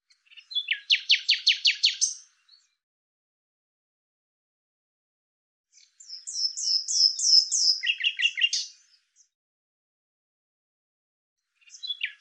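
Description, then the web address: Common Nightingale song with a quick series of repeated notes, a pause, then a varied phrase of high repeated notes dropping to lower ones, and a short start of another. "Deverinetal 2025"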